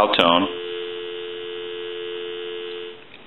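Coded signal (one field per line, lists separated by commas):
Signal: telephone call progress tone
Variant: North America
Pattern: dial tone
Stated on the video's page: Tones heard on an original Mickey Mouse touch-tone telephone during initial checkout and repair.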